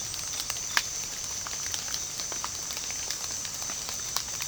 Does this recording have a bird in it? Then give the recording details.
no. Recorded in pastures near Puerto Asís, Putumayo, Colombia, on 24 June 2025 at 18:30. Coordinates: 0.497, -76.327. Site G040